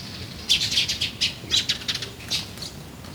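Bird chirps, a quick series of short high notes coming in clusters, over a soft low background hum.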